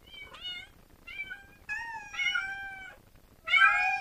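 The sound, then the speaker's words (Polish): Several cats from a horde roaming a cluttered house meow in turn, a string of five or so mewing calls, some overlapping, rising and falling in pitch, ending with a louder, drawn-out yowl. No one speaks. “Sterty papierów i bezsensownych bibelotów idealnie komponowały się z hordą kotów panoszących się we wszystkich zakamarkach.”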